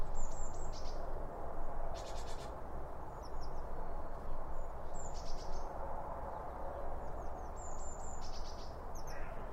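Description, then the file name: Birds chirping with brief high whistled notes and quick chips scattered throughout, with a steady low rumble and a few short bursts of hiss. Birds around a bird feeder, recorded with two Line Audio OM1 microphones. "Birds Around Birdfeeding With Two Om 1 From Line Audio"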